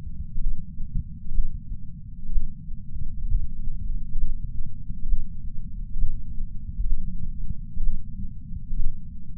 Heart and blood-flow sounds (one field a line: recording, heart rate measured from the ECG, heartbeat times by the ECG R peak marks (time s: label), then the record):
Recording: heart sounds by patch sensor on the chest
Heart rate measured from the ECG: 65 bpm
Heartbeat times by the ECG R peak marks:
0.40 s: heartbeat
1.34 s: heartbeat
2.31 s: heartbeat
3.28 s: heartbeat
4.18 s: heartbeat
5.08 s: heartbeat
5.98 s: heartbeat
6.86 s: heartbeat
7.83 s: heartbeat
8.75 s: heartbeat
From the record:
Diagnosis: coronary artery disease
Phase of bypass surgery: preoperative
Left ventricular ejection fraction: 60.1%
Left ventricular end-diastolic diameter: 44 mm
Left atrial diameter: 36 mm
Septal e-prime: 5.8 cm/s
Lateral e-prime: 7 cm/s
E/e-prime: 8.9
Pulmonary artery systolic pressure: 24 mmHg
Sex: male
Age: 73 years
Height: 168 cm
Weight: 62 kg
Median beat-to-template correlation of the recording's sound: 0.94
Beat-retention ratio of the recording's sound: 0.98